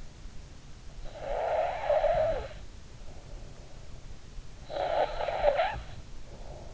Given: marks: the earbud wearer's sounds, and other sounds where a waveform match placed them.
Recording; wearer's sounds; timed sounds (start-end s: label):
sounds in sleep by an in-ear microphone; snoring breath
1.05-2.72 s: snoring breath
4.71-5.90 s: snoring breath